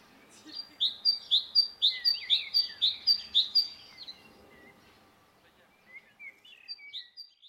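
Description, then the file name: Great tit song: a steady run of ringing two-note phrases for about three seconds, followed by softer scattered chirps. "Parus major"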